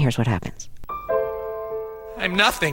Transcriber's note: Soundbite of television program, South Park